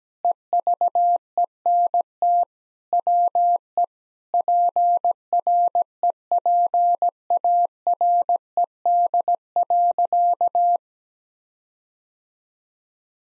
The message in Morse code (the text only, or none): EVENT WE PREPARED.